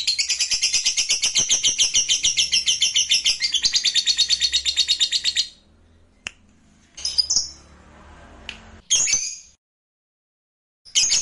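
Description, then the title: Lovebird chattering song, a dense rapid stream of shrill pulsed notes for about five seconds, then silence broken by a few short squeaky bursts. "Suara Lovebird"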